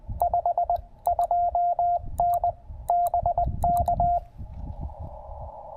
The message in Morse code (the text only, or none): 52N BK